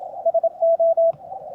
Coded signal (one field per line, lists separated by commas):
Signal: Morse code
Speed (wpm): 27 wpm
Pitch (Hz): 660 Hz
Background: radio noise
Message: SO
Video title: Testing a home Brew Elevated Vertical Antenna on the air using CW, other antennas here. The Shack